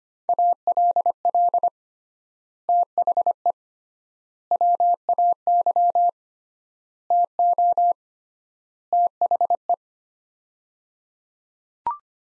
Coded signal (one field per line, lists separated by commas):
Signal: Morse code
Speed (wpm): 25 wpm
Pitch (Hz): 700 Hz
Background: none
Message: ALL THE WAY TO THE